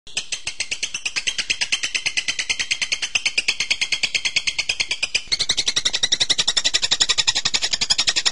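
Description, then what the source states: Songbird song: a steady, rapidly pulsed, high buzzy trill that shifts slightly higher and louder partway through. Birdsong used to train songbirds.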